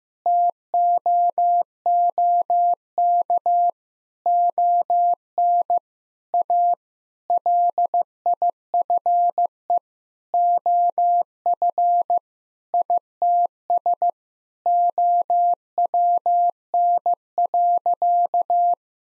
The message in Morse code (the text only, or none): TOOK ON A LIFE OF ITS OWN.